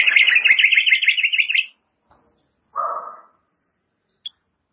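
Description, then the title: White-rumped shama makes a harsh, rapid rattling chatter, then a short rough note and a faint single click. "murai batu"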